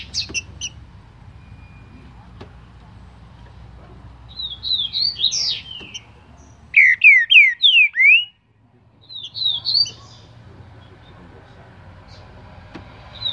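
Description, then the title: Green-winged saltator gives whistled phrases: a twittering run, then four loud downslurred notes, then a shorter phrase, over a low background hum. Singing trinca-ferro ('cantador') of breeder Cléber; recording labelled 'Voz 07'. "Canto De Trinca Ferro Voz 07. TRINCA FERRO CANTADOR CRIADOR CLÉBER"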